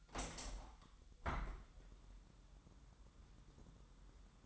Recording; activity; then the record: daily activity, microphone in the room; open window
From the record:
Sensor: 3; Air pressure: 1000.3 hPa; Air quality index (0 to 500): 242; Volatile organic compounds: 146 ppm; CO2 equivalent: 4003 ppm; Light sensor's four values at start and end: 10/23/9/9 and 10/24/10/10